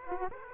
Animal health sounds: mosquito wingbeat signal from an infrared sensor; Aedes aegypti

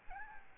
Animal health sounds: mosquito wingbeat signal from an infrared sensor; Aedes albopictus

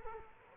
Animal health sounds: mosquito wingbeat signal from an infrared sensor; Culex quinquefasciatus

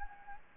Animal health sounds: mosquito wingbeat signal from an infrared sensor; Anopheles gambiae

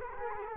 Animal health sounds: mosquito wingbeat signal from an infrared sensor; Culex quinquefasciatus

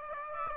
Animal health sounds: mosquito wingbeat signal from an infrared sensor; Aedes aegypti

